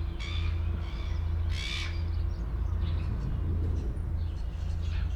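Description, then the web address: Gull calls, two short harmonic squawks early on, then fainter notes, over a constant deep rumble. Recorded at Port Chalmers in 2018. "Port Chalmers seagull"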